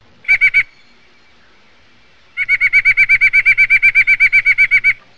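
White-breasted nuthatch calling, nasal mid-pitched notes: a short burst of three, a pause of nearly two seconds, then a long steady run of many rapid notes.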